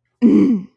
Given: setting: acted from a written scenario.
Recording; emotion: vocal sound without words; anger